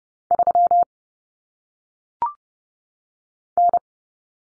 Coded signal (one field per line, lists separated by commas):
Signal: Morse code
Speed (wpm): 30 wpm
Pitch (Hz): 700 Hz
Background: none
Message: 3 N